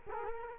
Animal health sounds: mosquito wingbeat signal from an infrared sensor; Culex quinquefasciatus

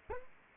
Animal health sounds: mosquito wingbeat signal from an infrared sensor; Anopheles arabiensis

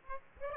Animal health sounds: mosquito wingbeat signal from an infrared sensor; Aedes aegypti

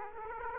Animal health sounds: mosquito wingbeat signal from an infrared sensor; Aedes aegypti

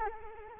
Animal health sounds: mosquito wingbeat signal from an infrared sensor; Anopheles arabiensis

